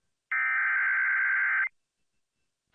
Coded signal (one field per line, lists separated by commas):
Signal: Emergency Alert System (SAME) tones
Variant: header bursts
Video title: EAS Alerts From 6/11/23 (EAS #1634-1649)